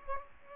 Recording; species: mosquito wingbeat signal from an infrared sensor; Aedes aegypti